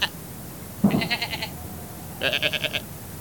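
Sheep giving two tremulous bleats, with low background noise.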